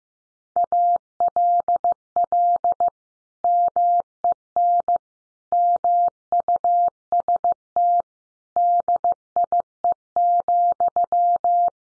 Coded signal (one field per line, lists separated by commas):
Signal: Morse code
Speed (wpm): 15 wpm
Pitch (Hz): 700 Hz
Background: none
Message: ALL MEN MUST DIE,